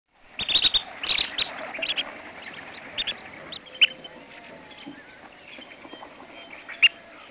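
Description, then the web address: Long-billed dowitcher calling a fast burst of high, piercing keek notes at the start, then scattered single notes with long gaps between them. Recorded in North America. "Peterson North American Birds. lbdo"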